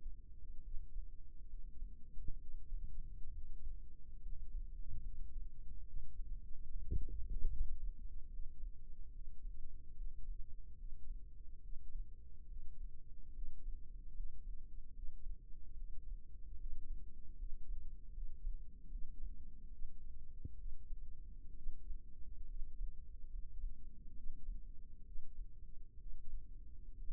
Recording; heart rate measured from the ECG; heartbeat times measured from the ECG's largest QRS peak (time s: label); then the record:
heart sounds by microphone in the left ear; 71 bpm
0.64 s: heartbeat
1.50 s: heartbeat
2.39 s: heartbeat
3.34 s: heartbeat
4.22 s: heartbeat
5.04 s: heartbeat
5.86 s: heartbeat
6.68 s: heartbeat
7.50 s: heartbeat
8.32 s: heartbeat
9.14 s: heartbeat
9.97 s: heartbeat
10.79 s: heartbeat
11.63 s: heartbeat
12.49 s: heartbeat
13.35 s: heartbeat
14.16 s: heartbeat
14.95 s: heartbeat
15.76 s: heartbeat
16.59 s: heartbeat
17.39 s: heartbeat
18.15 s: heartbeat
18.91 s: heartbeat
19.72 s: heartbeat
20.58 s: heartbeat
21.56 s: heartbeat
22.49 s: heartbeat
23.32 s: heartbeat
24.16 s: heartbeat
25.06 s: heartbeat
26.00 s: heartbeat
26.97 s: heartbeat
From the record:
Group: healthy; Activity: rest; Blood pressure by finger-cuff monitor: 87/57 mmHg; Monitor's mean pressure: 68 mmHg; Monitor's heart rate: 71 bpm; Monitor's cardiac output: 6.2 L/min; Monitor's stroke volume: 85 mL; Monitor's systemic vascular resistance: 730 dyn s/cm5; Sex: male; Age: 22 years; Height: 181 cm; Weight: 79 kg